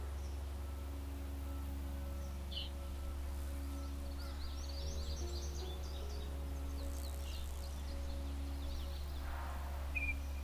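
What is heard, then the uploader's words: Sparse, faint bird chirps at about two and a half, five and ten seconds over a steady low hum and soft, sustained tones. Relaxing Music with Bird Sounds. The birds sing to each other while a piano melody.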